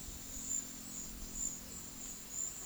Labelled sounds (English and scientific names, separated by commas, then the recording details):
none
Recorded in pastures near Puerto Asís, Putumayo, Colombia, on 13 March 2025 at 13:30
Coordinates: 0.505, -76.324
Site GP08